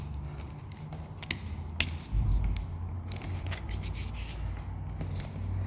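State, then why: Not seated. Plastic side latches on a Karcher WS3 vacuum cleaner are lined up so they pass through the holes in the vacuum cleaner body, ready to be pushed in. Soft rubbing and scraping of handled plastic is heard with a few brief sharp ticks over a steady low hum. Nothing has seated or clicked into place yet.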